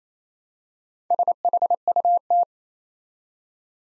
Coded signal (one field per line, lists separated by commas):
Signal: Morse code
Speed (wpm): 28 wpm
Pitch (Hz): 700 Hz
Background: none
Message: SHUT